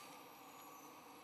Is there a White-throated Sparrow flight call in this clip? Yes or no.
no